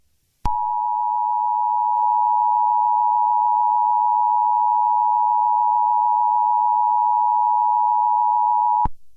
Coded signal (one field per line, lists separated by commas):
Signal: Emergency Alert System (SAME) tones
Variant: 853 and 960 Hz attention tone